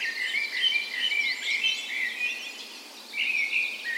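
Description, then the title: Birds in a dawn chorus, a repeated high trilled phrase over softer chirping, followed by a clearer whistled phrase near the end. Dawn chorus recorded on the morning of 17 May, Norway's National Day, in a park west in Bergen, Norway, in spring; Sony PCM A10 recorder with LOM Usi microphones as "tree ears". "17th Of May Dawn Chorus"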